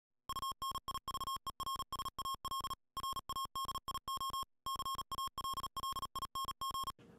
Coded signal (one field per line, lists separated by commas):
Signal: Morse code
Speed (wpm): 38 wpm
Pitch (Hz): 1080 Hz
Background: music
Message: UNIVERSAL RADIO CALLING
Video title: Universal-Radio presents the Eton FR370 Emergency Preparedness Radio